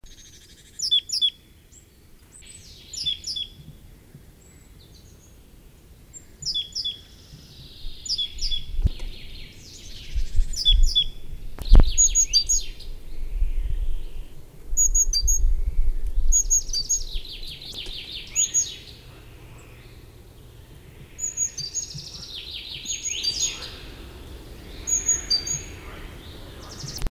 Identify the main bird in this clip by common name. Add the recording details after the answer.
Great Tit. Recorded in the wild. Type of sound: alarm call. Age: adult. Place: Röttenbach, Bayern, DE. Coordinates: 49.665, 10.9544. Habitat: pond. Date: 1963-06-25. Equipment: Original Vollspur. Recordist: Tretzel, Erwin. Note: Weiher, Hintere Mark: Kohlmeise: Alarm "zlep - (zje zje)" und "sizicplinx"